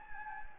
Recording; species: mosquito wingbeat signal from an infrared sensor; Anopheles gambiae